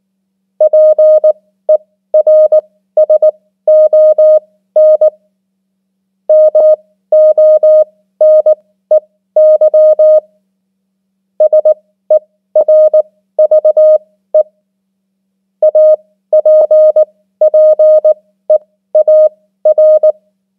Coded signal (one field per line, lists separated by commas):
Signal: Morse code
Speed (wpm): 19 wpm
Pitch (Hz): 620 Hz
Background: none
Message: PERSON MONEY SERVE APPEAR